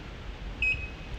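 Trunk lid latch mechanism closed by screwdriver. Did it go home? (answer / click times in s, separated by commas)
no / none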